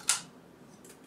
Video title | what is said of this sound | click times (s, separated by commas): Lenovo Flex SSD Upgrade (Windows 10 Migration) | snaps right in place | 0.1 s